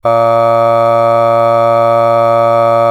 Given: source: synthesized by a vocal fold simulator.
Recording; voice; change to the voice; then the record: sustained vowel; male; aspiration noise (breathiness), level 5 of 10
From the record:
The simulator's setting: 0.74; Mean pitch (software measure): 115 Hz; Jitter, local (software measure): 0.31%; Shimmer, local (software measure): 2.6%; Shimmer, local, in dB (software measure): 0.23 dB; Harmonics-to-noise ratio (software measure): 24.6 dB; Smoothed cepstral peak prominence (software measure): 19.6 dB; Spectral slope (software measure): -17.2 dB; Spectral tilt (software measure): -9.1 dB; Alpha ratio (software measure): -7.6 dB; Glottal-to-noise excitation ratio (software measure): 0.986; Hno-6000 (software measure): 2.3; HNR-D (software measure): 23.8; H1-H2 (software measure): 4.9 dB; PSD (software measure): 2.6e-05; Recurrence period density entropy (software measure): 0.107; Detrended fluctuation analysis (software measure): 0.0545